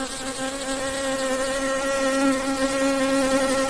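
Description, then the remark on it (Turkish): A yellow wasp's wings buzz in flight in a steady, continuous drone with a low fundamental and many stacked harmonics, wavering slightly in pitch and holding a fairly even loudness throughout, with no voices. “Ama bu yaban arısı, eşek arısı, sarı arı.”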